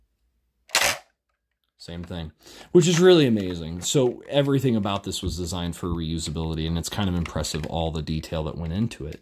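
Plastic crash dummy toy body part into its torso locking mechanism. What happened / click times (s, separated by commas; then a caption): The plastic toy part clicked into place / 0.7 s. A plastic crash dummy toy body part is pushed back down into its torso locking mechanism and clicks into place again at 0.7 s, seating as before. Someone then talks for the rest of the clip.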